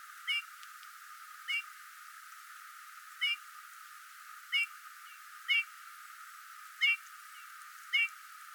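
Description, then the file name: Eurasian bullfinch calls: soft, short piping notes slightly bending in pitch, repeated at slightly uneven intervals, seven in all, over a quiet hiss. "Pyrrhula pyrrhula"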